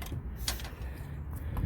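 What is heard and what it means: A snap ring is handled at its groove on the AC compressor clutch shaft of a 2012 Nissan Rogue, with a screwdriver used to tap it fully home. Faint mechanical rattling and handling sounds are heard, with a short tap at 0.0 s and a sharper one at 0.5 s. Nothing has seated or clicked into place yet.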